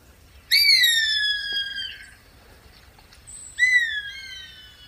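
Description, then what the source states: Gray Hawk calling twice, each a loud, plaintive whistle that slides gently downward and fades, the second call starting about three seconds after the first. Calling again on cue in a listener audio postcard from Santa Margarita Ranch near Cotulla, Texas.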